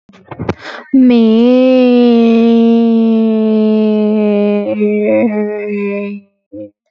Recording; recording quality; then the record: sustained vowel as in made; excellent, no background noise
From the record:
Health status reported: healthy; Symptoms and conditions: none ticked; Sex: female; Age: 22 years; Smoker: not ticked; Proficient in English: yes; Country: India